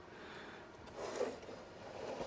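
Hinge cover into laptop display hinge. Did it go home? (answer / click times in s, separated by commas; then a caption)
no / none. A plastic hinge cover is angled down onto the display hinge of a Dell Latitude 5420 Rugged laptop, making quiet rubbing and scraping handling sounds that grow louder around 1.0 to 1.3 seconds and again near 2.2 seconds. Nothing has seated or clicked into place yet.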